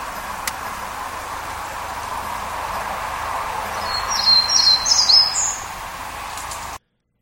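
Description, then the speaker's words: Townsend's warbler song, a short burst of high buzzy notes, over a steady low hum and faint background noise. First variation of Townsend's warbler song, recorded in Sitka, southeast Alaska; fairly typical of the song heard locally. "that was the first variation of Townsend's Warbler song, and here is the second."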